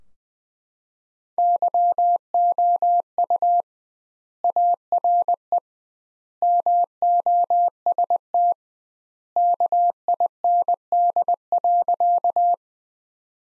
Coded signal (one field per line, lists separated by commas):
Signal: Morse code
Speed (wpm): 21 wpm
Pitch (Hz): 700 Hz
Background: none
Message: YOU ARE MOST KIND.